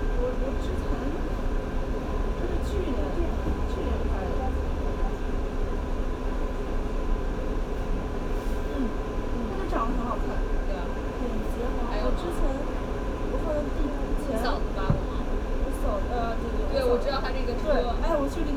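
A field recording inside a space where a sound piece is playing, with a steady low rumble and hum running throughout. Indistinct voices murmur, and brief clicks and clattering knocks come and go, clustering more densely after about ten seconds.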